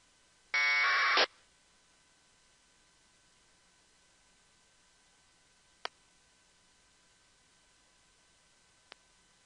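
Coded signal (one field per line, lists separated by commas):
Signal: packet radio (AX.25, as in APRS)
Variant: AFSK 1200 baud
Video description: tuned to the APRS frequency 144.390 MHZ NFM, Filter bandwidth set at 11400, squelch set at 50 and running AFSK1200 Decoder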